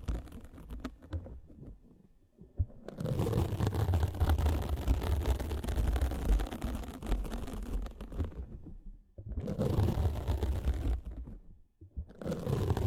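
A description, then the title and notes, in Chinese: Muffled ear-cleaning sounds with no voice: soft low rubbing for the first couple of seconds, then dense scratchy scraping and rustling from about 3 to 8 seconds, returning in bursts near 9–11 and 12 seconds. 无人声采耳助眠。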